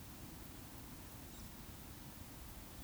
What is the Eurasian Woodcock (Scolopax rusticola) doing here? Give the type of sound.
whistle